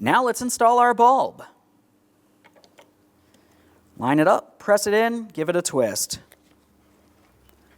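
A new high beam bulb is handled and lined up with the headlamp housing socket of a 2004-2008 Pontiac Grand Prix, ready to be pressed in and twisted. Someone talks, and between the phrases faint, brief handling taps are heard at about 2.5, 2.6, 2.8, 3.3 and 7.5 seconds. Nothing has seated or clicked yet.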